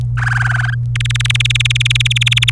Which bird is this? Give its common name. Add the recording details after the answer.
Domestic Canary. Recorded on 26 April 2018 at 15:45. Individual llb3